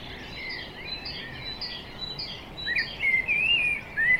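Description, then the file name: Common blackbird singing, soft warbled notes at first, then fluty whistles growing clearer in the last seconds, over background hiss. "Turdus merula"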